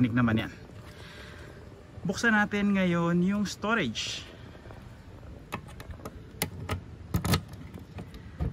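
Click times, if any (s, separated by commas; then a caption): 6.4 s. On a 2025 Honda Navi scooter, someone talks and then opens the under-seat storage compartment, whose plastic lid has a spring-actuated lock. Among several short clicks and knocks between 5.5 and 7.4 seconds, the lock releases with a sharp click at 6.4 seconds. The storage lid latch clicks open, and the lock is judged okay.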